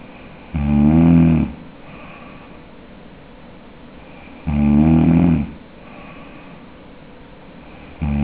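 Palatal snoring in a sleeping adult: loud, low-pitched fluttering snores on inspiration, about 15 per minute, each lasting roughly a second, separated by quiet breathing.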